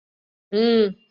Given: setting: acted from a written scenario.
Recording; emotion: vocal sound without words; neutral